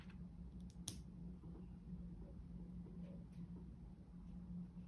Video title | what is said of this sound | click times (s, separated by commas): How to make Lego classic car | it doesn't snap. Okay. | none